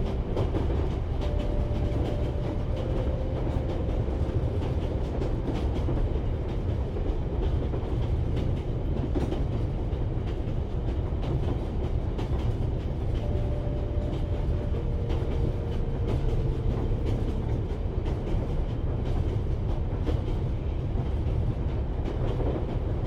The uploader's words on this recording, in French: Sons d'un voyage au long cours en train.